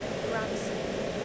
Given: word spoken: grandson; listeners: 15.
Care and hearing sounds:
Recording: one English word in noise, from a listening test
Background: speech-shaped noise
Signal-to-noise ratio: -6.7 dB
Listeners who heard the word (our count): 0 of 15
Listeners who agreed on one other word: 7 of 15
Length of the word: 0.85 s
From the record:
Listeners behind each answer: 7, 2, 1, 1, 1, 1, 1, 1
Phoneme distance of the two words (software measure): 27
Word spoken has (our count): 2 syllables, 7 phonemes, stress on syllable 1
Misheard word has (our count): 2 syllables, 6 phonemes, stress on syllable 1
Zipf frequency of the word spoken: 3.88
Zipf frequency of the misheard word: 3.48

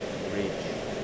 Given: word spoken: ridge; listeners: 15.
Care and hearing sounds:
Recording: one English word in noise, from a listening test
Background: speech-shaped noise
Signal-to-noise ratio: -4.3 dB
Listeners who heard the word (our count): 2 of 15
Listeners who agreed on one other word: 6 of 15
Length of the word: 0.64 s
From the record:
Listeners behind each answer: 6, 5, 2, 1, 1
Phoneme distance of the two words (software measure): 20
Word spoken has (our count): 1 syllable, 3 phonemes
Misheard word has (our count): 1 syllable, 3 phonemes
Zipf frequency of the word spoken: 3.77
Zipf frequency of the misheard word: 4.81

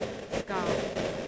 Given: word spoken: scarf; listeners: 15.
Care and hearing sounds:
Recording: one English word in noise, from a listening test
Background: noise modulated by three-talker babble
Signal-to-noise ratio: -7.4 dB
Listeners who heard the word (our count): 3 of 15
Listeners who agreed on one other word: 7 of 15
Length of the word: 0.88 s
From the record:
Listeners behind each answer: 7, 3, 2, 1, 1, 1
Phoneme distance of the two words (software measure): 7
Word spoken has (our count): 1 syllable, 4 phonemes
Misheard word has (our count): 1 syllable, 3 phonemes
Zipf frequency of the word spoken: 3.76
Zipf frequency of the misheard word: 3.60

